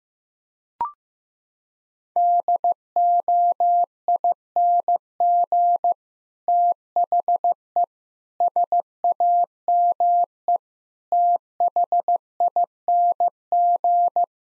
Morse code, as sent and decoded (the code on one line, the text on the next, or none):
-.. --- .. -. --. / - .... . / ... .- -- . / - .... .. -. --.
DOING THE SAME THING